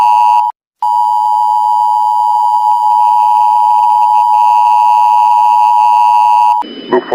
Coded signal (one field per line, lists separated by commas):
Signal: Emergency Alert System (SAME) tones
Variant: 853 and 960 Hz attention tone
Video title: Turned to Blood: An Analog Horror EAS Mock